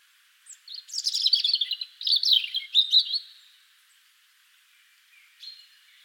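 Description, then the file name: European robin singing one thin, high phrase of rapid trills and sweet warbled notes lasting about three seconds, then quiet with a single faint note near the end. "Erithacus rubecula"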